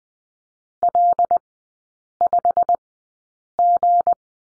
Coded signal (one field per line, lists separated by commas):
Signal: Morse code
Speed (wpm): 19 wpm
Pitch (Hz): 700 Hz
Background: none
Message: L5G